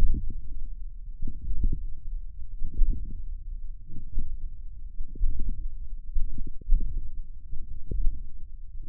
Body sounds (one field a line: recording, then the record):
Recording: forearm muscle sounds (acoustic myography)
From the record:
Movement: ulnar deviation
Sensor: system 1, eight BSWA MPA416 microphones around the upper forearm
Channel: 8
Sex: male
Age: 20 years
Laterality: left